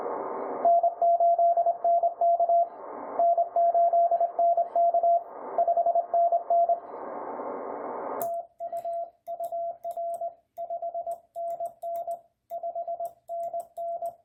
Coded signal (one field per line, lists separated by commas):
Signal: Morse code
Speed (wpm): 21 wpm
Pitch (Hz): 680 Hz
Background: radio noise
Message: N8NK N8NK 5NN TUUR 5NN 5NN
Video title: Working PJ2ND with 100 mw on 20 CW (CW annotated)